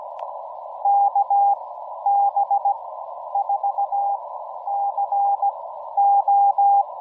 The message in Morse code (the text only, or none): KB4CO